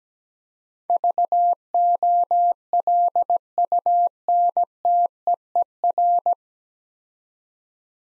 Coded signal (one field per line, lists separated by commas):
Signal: Morse code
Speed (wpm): 17 wpm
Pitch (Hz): 700 Hz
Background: none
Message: VOLUNTEER